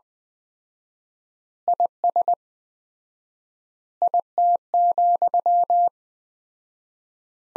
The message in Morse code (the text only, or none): IS IT,